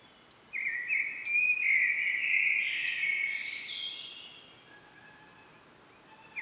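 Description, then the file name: Common blackbird delivers a long flowing warbled phrase with higher twittering notes, then tapers off; another note starts at the very end. "Turdus merula"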